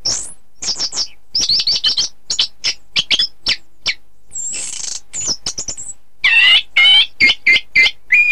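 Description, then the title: Thrush song, a fast run of sharp, high chirping notes, then a rich warbled phrase near the end and steady clear notes closing it. "Suara Burung Anis"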